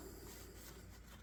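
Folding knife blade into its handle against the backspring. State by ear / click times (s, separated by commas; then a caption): not seated / none. A blade on a Colonial "Ranger" two-bladed jackknife, just cleaned in mineral oil, is handled and worked as it folds into its handle against the backspring. A steady, low rubbing and handling noise continues throughout the clip. Nothing has seated or clicked yet.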